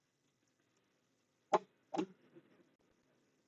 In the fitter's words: hear the click